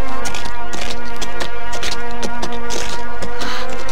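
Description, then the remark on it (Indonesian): A horse named Tunggul: its hooves clop in a quick, steady rhythm of sharp, loud knocks, running over a continuous humming tonal background throughout. “Kau benar-benar seekor kuda yang baik, Tunggul.”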